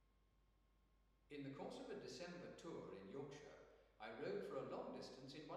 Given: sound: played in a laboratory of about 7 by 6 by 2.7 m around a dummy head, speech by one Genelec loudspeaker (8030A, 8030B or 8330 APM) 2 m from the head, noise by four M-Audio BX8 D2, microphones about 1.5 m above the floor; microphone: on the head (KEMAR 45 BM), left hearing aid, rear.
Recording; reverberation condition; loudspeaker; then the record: male speech in English; high; 120 degrees to the left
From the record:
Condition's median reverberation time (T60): about 1300 ms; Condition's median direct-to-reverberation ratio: about -4.0 dB